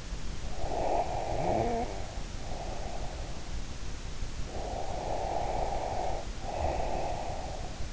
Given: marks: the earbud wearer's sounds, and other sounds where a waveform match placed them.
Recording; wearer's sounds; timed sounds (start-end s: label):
sounds in sleep by an in-ear microphone; snoring breath, breath
0.33-3.52 s: snoring breath
4.36-7.93 s: breath